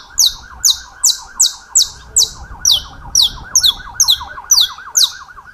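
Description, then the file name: Saffron finch song: loud, sharp downward-sweeping chirps repeated about twice a second, some notes doubled, over a steady wavering siren-like tone in the background. "Canto-do-Canário-da-Terra"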